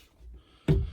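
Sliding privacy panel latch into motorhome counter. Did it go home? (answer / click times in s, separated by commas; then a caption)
no / none. A sliding privacy panel in a 2007 Pleasure Way Lexor-TS "Zorro" Class B motorhome is pulled out one-handed, with its small latch handled against the counter. A faint low rumble around 0.2–0.4 s is followed by a sudden loud broadband knock at 0.7 s that fades by the end. Nothing has seated or clicked yet; the latch is not yet snapped into the counter.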